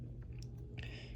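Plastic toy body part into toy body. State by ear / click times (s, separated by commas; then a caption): not seated / none. A plastic toy body part of a Superion figure is pushed down into the toy body, making soft plastic rubbing and faint taps around 0.2, 0.4 and 0.8 seconds over a low background hum. The part does not lock because another piece is still up, and nothing has seated or clicked yet.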